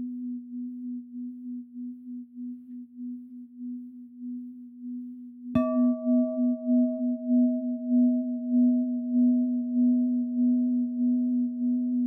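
A Tibetan singing bowl resonates with a low, steady hum that wobbles in a slow, regular pulse. Around five and a half seconds a clear strike rings out, adding a brighter overtone that sustains to the end while the hum grows louder.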